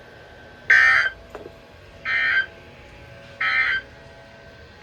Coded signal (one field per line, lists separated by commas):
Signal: Emergency Alert System (SAME) tones